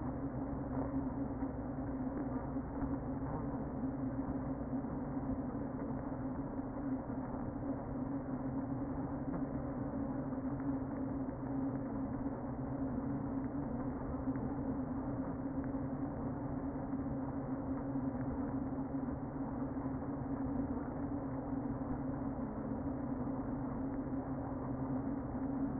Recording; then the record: honeybee colony, microphone inside the hive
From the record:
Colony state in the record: queen present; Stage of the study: before two queens were removed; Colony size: about 60,000 bees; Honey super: yes